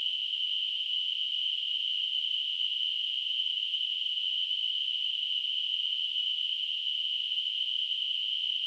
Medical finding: Tinnitus.